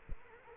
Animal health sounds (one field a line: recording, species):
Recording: mosquito wingbeat signal from an infrared sensor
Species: Culex quinquefasciatus